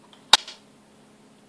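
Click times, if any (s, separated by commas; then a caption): 0.3 s. The butt stock of a Sig Sauer 516 CO2 BB rifle is turned anticlockwise off the receiver after a spring-loaded catch is pressed. A faint tick at 0.1 s comes before a sharp, loud click at 0.3 s, which is followed by a short softer rattle. The stock unlocks with that click and is released.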